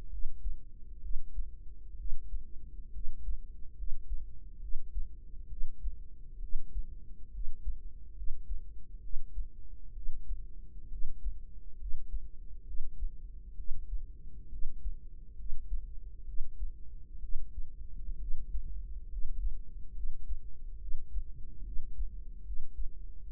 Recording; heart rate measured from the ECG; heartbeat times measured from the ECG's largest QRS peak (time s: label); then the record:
heart sounds by microphone in the right ear; 67 bpm
0.08 s: heartbeat
0.99 s: heartbeat
1.95 s: heartbeat
2.91 s: heartbeat
3.74 s: heartbeat
4.59 s: heartbeat
5.47 s: heartbeat
6.39 s: heartbeat
7.30 s: heartbeat
8.13 s: heartbeat
8.99 s: heartbeat
9.92 s: heartbeat
10.88 s: heartbeat
11.76 s: heartbeat
12.63 s: heartbeat
13.54 s: heartbeat
14.48 s: heartbeat
15.35 s: heartbeat
16.24 s: heartbeat
17.19 s: heartbeat
18.17 s: heartbeat
19.07 s: heartbeat
19.92 s: heartbeat
20.77 s: heartbeat
21.62 s: heartbeat
22.42 s: heartbeat
23.23 s: heartbeat
From the record:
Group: healthy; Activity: cold pressor test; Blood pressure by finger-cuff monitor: 101/65 mmHg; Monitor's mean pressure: 77 mmHg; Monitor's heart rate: 68 bpm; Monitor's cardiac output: 5.4 L/min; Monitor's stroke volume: 82 mL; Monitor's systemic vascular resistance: 1030 dyn s/cm5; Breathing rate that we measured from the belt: 16 breaths a minute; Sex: female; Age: 23 years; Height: 160 cm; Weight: 50.4 kg